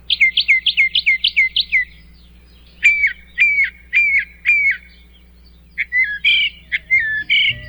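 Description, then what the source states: Northern Mockingbird singing a series of varied phrases, each repeated several times: quick rising chips, then four slurred whistles, then a warbled burst. Mimus polyglottos; repertoire of up to 200 songs added throughout life; night singing mostly by unmated males, sometimes all night at full moon; singing resumes September through early November.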